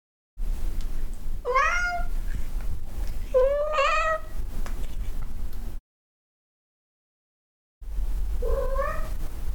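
Cat giving two clear, drawn-out meows two seconds apart, then a pause of silence and one softer, short meow.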